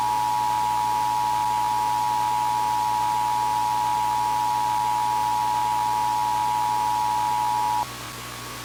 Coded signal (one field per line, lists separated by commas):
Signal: Emergency Alert System (SAME) tones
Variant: 853 and 960 Hz attention tone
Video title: Eas reenactment tornado emergency for Taylorville